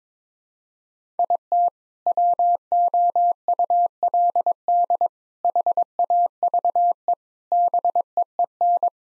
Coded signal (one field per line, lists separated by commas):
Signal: Morse code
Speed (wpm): 22 wpm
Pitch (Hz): 700 Hz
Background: none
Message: IT WOULD HAVE BEEN